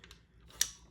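An adjustable brace is moved to its middle setting on the chassis, with two faint light ticks early on. Its latch then snaps into the chassis groove with a single sharp click at 0.6 s, seating the brace in the middle position.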